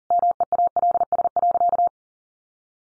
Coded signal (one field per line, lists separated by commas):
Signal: Morse code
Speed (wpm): 40 wpm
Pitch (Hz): 700 Hz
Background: none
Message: MEALS.